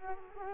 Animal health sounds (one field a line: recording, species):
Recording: mosquito wingbeat signal from an infrared sensor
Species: Culex quinquefasciatus